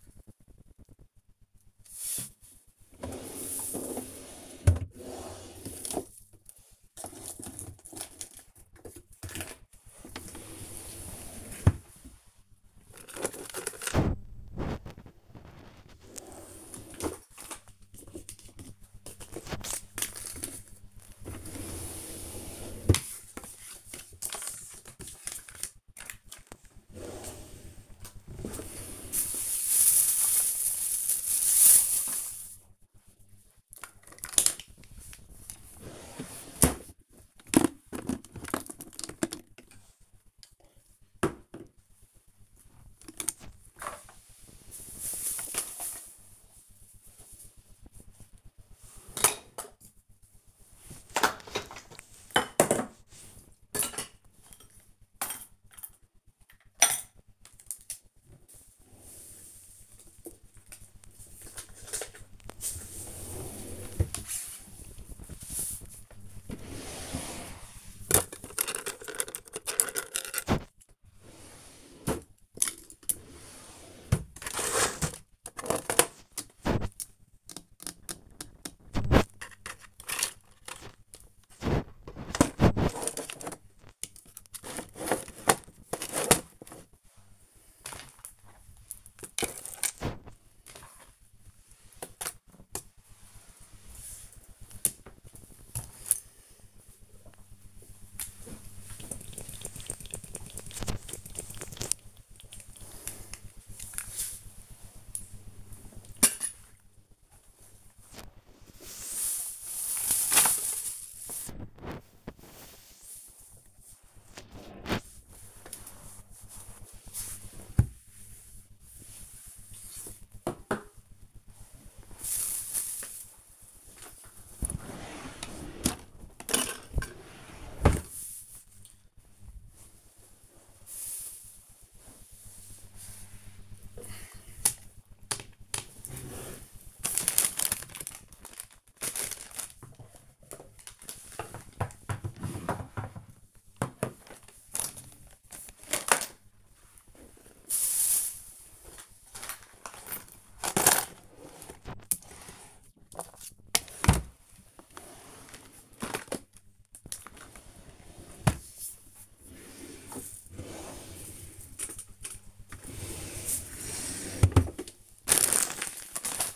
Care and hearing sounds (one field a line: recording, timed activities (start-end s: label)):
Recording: household activities, microphone on the right wrist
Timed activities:
0.00-93.98 s: tidy up the cupboard
95.99-166.56 s: tidy up the cupboard